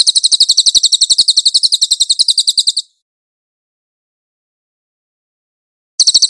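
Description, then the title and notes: Cililin singing a fast, high, buzzy trill for about three seconds, then silence before the trill starts again at the end. "MASTER SANGAT BAGUS SUARA BURUNG CILILIN, AUDIO JERNIH. CICILIN"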